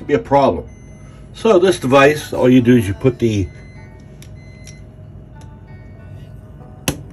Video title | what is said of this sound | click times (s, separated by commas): Syringe Auto Injector | in like that snaps right in take the cap off | 6.9 s